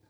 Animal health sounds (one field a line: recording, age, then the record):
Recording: pig call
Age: piglet (1 to 25 days)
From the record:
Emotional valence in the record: positive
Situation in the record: short reunion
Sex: male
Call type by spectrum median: low-frequency call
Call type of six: low-frequency tonal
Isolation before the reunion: 3 minutes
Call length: 0.10 s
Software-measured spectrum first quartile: 208 Hz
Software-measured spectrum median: 742 Hz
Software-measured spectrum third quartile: 3947 Hz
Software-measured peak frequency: 110 Hz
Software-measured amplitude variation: 103 dB a second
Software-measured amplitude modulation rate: 14.4 a second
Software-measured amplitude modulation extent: 7.2 dB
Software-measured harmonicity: 1.6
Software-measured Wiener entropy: -2.47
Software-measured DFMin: 1087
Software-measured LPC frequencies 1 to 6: 688, 1617, 2428, 3641, 4225, 4906 Hz